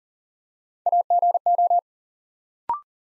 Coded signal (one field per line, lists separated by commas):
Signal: Morse code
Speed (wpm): 43 wpm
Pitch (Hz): 700 Hz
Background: none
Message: AGO